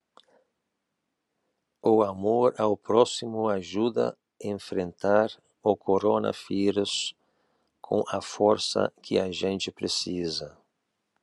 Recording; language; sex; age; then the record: spoken sentence; Brazilian Portuguese; male; 50 to 59 years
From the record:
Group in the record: control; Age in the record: 58 years